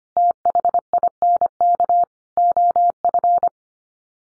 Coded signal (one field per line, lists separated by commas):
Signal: Morse code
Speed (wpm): 25 wpm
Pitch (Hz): 700 Hz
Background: none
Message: THINK OF